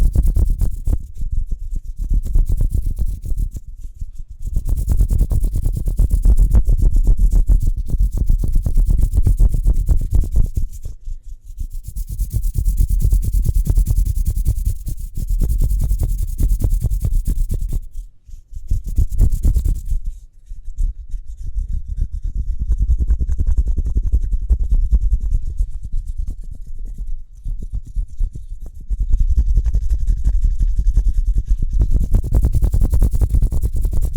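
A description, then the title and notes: Hands rub together quickly, making a dense, continuous scraping hiss that sits mostly in the low range with bursts reaching higher. The rubbing comes in long stretches broken by brief pauses, around 4, 11 and 18–20 seconds, and turns softer and lighter after 20 seconds. ASMR Speedy Hand Sounds (No Talking).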